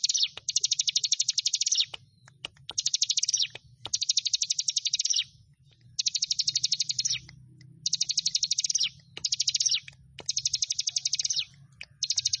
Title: Ciblek Sawah